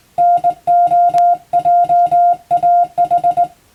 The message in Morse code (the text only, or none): NOJAH